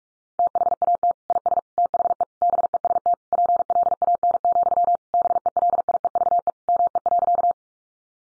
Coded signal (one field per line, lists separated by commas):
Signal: Morse code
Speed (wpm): 44 wpm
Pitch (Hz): 700 Hz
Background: none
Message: THAT IS THE BEST PLAN, BELIEVE ME.